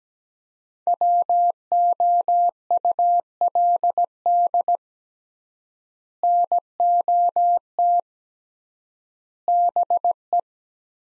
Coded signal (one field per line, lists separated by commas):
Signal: Morse code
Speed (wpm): 17 wpm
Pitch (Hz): 700 Hz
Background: none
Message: WOULD NOT BE